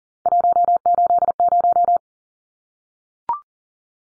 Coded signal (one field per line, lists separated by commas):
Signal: Morse code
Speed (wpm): 40 wpm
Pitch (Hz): 700 Hz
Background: none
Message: 180